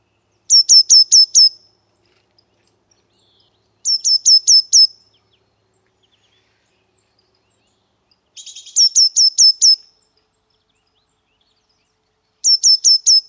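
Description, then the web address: Eurasian blue tit giving short bursts of four or five high, thin descending notes about every four seconds; one burst opens with a brief buzzy churr. "cianscape birddata Deverinetal 2025 File origin Bird Only Cy Ca"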